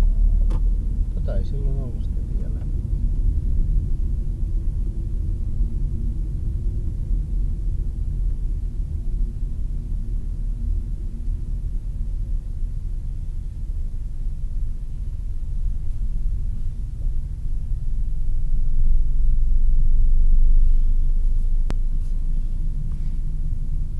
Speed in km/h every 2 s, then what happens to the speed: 26, 26, 26, 25, 20, 15, 13, 10, 12, 14, 14, 10.
0-6 steady at about 26. 6-13 slows to 10. 13-24 steady at about 12.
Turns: 13-19, 19-24.